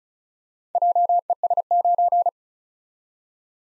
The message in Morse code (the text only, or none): JES9